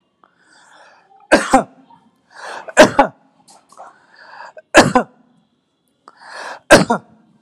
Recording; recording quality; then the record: heavy voluntary cough; excellent, no background noise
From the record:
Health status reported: healthy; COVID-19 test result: not tested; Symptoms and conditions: none ticked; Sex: male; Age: 38 years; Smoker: not ticked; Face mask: not worn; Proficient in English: yes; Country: India